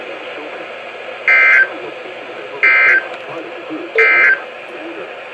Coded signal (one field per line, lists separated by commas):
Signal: Emergency Alert System (SAME) tones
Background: speech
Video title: July 2017 EAS Compilation